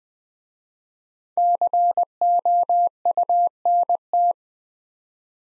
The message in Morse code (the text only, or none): COUNT